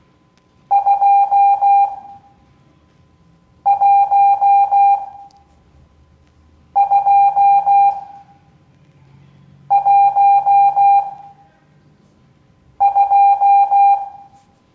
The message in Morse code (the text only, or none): 21212